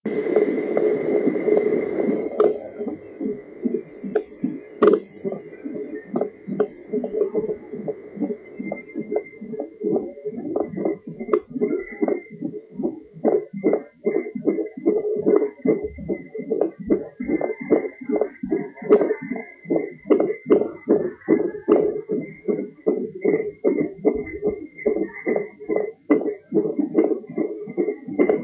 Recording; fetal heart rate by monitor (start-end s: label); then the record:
fetal heart sounds by stethoscope on the mother's abdomen
0.00-10.00 s: 144 bpm
10.00-20.00 s: 147 bpm
20.00-28.44 s: 150 bpm
From the record:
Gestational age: 40 weeks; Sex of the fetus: boy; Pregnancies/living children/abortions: 1/0/0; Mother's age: 28 years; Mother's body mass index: 32.6